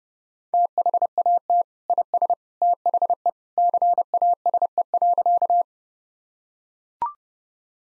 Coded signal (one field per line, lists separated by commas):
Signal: Morse code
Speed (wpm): 30 wpm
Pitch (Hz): 700 Hz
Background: none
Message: THAT IS THE CASE.